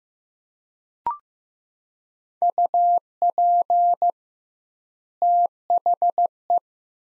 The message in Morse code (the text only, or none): UP THE